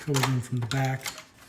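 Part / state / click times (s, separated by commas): brake controller trim panel clips into lower dash / not seated / none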